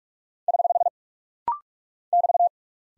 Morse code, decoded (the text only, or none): <HH> <BT>